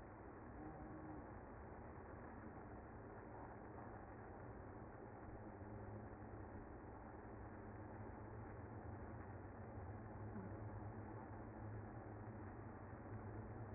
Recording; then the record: honeybee colony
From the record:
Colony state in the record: active